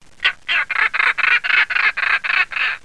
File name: Ghiandaia marina